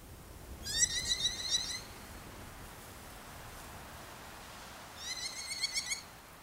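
Merlin calls twice with short, fast strings of shrill, metallic kek notes, a few seconds apart, against low steady hiss.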